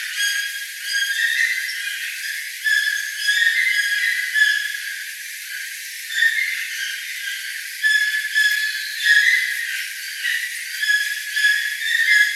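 Toucans calling: overlapping harmonic yelping notes in bursts every second or so, with no other clear sounds.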